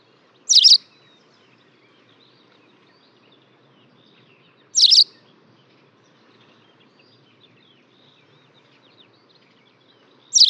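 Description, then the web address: White wagtail uttering brief, high, sharp notes, three of them about four to six seconds apart, with near silence in between. "fugler linerle"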